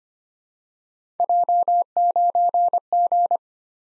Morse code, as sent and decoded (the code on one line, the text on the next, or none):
.--- ----. --.
J9G